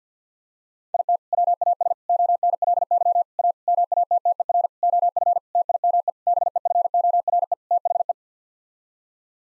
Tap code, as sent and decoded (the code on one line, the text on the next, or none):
none